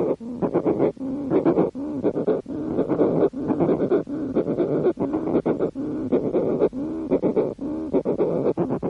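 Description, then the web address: Short-tailed shearwater calls, harsh rhythmic wailing in rapid pulses, with brief pauses every second or so. "earth naturelibrary assets s sh short-tailed shearwater"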